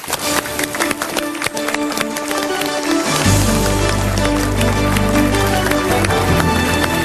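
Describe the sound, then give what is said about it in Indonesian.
An audience applauds with dense, steady clapping throughout to welcome Mario Teguh, and loud bass-heavy music swells in partway through beneath the applause. “Kita berikan tepuk tangan yang meriah untuk Pak Mario Teguh.”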